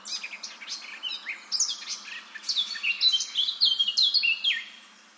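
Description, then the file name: Eurasian blackcap song, a hurried jumble of chattering notes that builds into clearer, louder fluty phrases before fading out. "Sylvia atricapilla"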